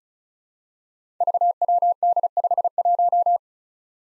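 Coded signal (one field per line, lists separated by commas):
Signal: Morse code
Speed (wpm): 36 wpm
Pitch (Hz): 700 Hz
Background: none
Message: VWD51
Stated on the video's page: Code drill at 35 wpm of five-character groups of easily confused letters and numbers, each sent, spoken, then sent again.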